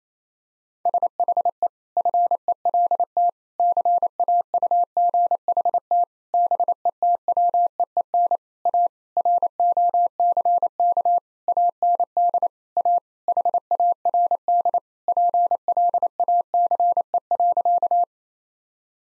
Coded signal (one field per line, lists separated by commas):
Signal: Morse code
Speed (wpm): 28 wpm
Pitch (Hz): 700 Hz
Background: none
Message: SHE FELT CAUGHT BETWEEN A ROCK AND A HARD PLACE.